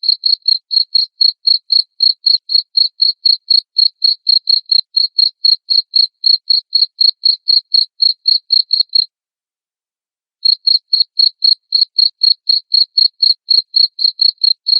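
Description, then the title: Cricket giving loud, rapid chirps, roughly four a second for nine seconds, a brief pause, then the same regular chirping again. Loud chirping cricket sound used to stimulate lovebirds into singing continuously. "Suara JANGKRIK NGERIK Keras Bikin LOVEBIRD Jadi NGEKEK Terus"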